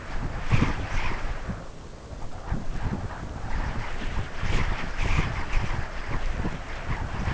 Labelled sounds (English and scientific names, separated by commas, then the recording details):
none
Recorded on Arctic tundra, site UTQI-5, on 12 June 2019
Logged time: 08:00